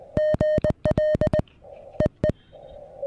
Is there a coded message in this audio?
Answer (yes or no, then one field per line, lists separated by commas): yes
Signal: Morse code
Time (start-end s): 0.2-2.3 s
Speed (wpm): 20 wpm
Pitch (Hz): 1850 Hz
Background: none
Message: GL EE